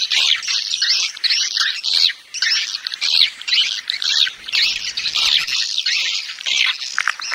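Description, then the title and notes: Swiftlet chattering calls, rapid buzzy high twitters delivered in overlapping bursts with short pauses. Swiftlet farming sound from Asia. "Swiflet Bird Sound. Farming Swiflet Bird asia sound"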